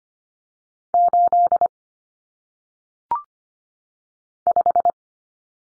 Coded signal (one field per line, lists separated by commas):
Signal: Morse code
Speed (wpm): 25 wpm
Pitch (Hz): 700 Hz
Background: none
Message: 8 5